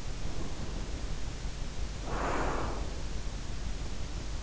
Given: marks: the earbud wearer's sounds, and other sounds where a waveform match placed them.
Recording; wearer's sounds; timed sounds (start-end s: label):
sounds in sleep by an in-ear microphone; breath
0.13-3.22 s: breath